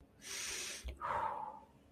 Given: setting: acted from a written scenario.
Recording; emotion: vocal sound without words; serenity